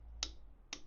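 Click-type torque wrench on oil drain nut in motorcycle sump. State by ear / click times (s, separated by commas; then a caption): torque reached / 0.2 s. A click-type torque wrench set to 25 Nm tightens the oil drain nut in the engine sump of a Triumph Speed Triple 1050 S motorcycle. The wrench gives a sharp click at 0.2 s, and a second similar tick follows at 0.7 s over a low steady hum. The drain nut is torqued to the setting.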